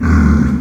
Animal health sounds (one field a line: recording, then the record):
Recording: squeal of a Yucatan mini pig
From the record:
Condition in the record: after surgery on the right vocal fold (resection and tissue-engineered implant)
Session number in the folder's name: 16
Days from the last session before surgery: 183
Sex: female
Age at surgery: 19 weeks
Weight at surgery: 25 kg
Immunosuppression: prednisolone